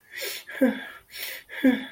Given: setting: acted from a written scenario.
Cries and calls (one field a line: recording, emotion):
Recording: vocal sound without words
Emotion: distress